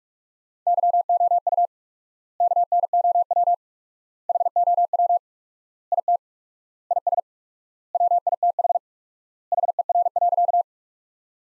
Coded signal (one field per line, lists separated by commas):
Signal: Morse code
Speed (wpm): 46 wpm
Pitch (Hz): 700 Hz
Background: none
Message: YOU KNOW HOW IT IS WITH HER.